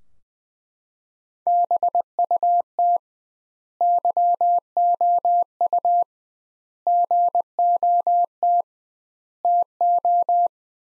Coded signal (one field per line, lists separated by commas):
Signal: Morse code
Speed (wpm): 20 wpm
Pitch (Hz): 700 Hz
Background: none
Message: BUT YOU GOT TO